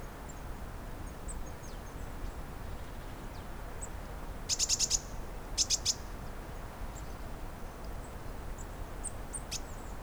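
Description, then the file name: Eurasian blue tit calling with two quick bursts of high, rapid ticking notes about a second apart, with scattered faint chirps from other birds and steady low rumble. "Cyanistes caeruleus"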